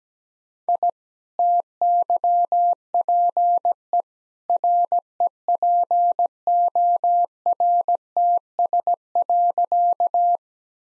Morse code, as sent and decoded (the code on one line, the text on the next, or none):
.. / - -.-- .--. . / .-. . .--. --- .-. - ... .-.-.-
I TYPE REPORTS.